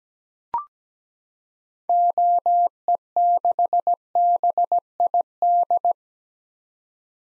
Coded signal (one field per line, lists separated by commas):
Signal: Morse code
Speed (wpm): 17 wpm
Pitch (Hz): 700 Hz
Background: none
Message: OE6BID